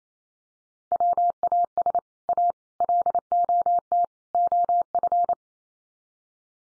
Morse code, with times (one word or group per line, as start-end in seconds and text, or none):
0.9-2.0 WAS
2.3-2.5 A
2.8-4.0 LOT
4.3-5.3 OF